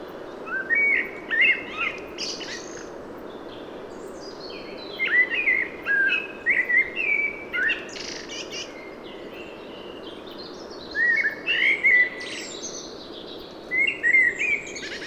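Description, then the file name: Common blackbird singing several phrases of low melodious whistles, each trailing into thin high squeaks, with pauses between. "Turdus merula"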